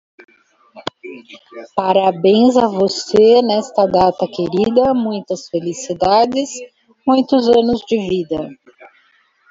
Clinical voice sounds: short text; Brazilian Portuguese; female; 50 to 59 years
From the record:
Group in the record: control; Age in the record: 59 years

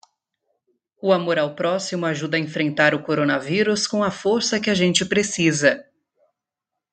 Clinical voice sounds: spoken sentence; Brazilian Portuguese; female; 20 to 29 years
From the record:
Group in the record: control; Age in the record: 25 years

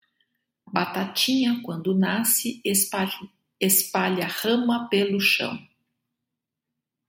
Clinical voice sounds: short text; Brazilian Portuguese; female; 50 to 59 years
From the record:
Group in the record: control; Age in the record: 57 years

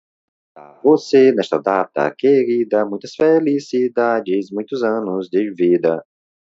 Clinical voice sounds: short text; Brazilian Portuguese; male; 30 to 39 years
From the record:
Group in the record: control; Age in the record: 37 years

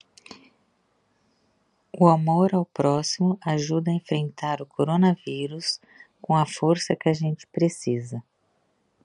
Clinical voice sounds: spoken sentence; Brazilian Portuguese; female; 50 to 59 years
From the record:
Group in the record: control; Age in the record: 51 years

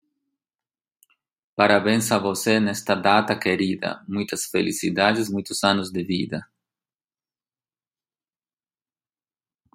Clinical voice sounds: short text; Brazilian Portuguese; male; 50 to 59 years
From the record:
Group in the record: control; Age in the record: 52 years

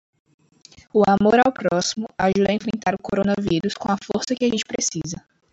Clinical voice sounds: spoken sentence; Brazilian Portuguese; female; 20 to 29 years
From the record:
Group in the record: control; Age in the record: 20 years

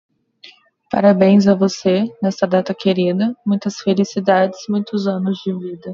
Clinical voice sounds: short text; Brazilian Portuguese; female; 20 to 29 years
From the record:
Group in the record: control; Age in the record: 27 years

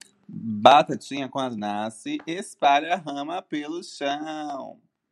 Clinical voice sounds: short text; Brazilian Portuguese; male; 20 to 29 years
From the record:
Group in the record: control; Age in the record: 27 years

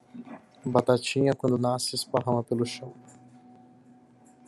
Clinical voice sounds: short text; Brazilian Portuguese; male; 30 to 39 years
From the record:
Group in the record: control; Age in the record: 31 years

